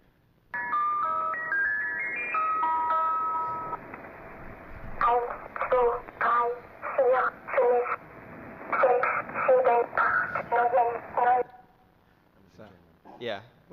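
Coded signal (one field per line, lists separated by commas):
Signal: numbers station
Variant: Swedish Rhapsody, German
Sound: a short music-box melody, then a girl's voice reading short evenly spaced numbers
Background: radio static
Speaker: we have another one this one's a bit more creepy it's called The Swedish Rhapsody yeah little German girl rattling off spy numbers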